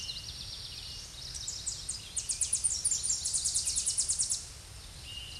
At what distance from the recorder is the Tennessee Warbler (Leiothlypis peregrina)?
about 20 m